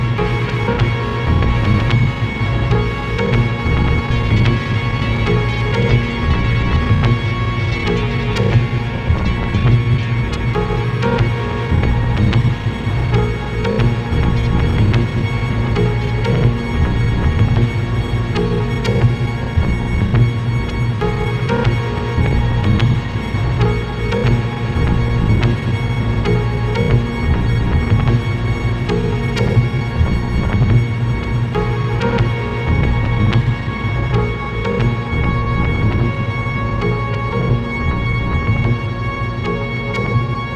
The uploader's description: A synthesised soundscape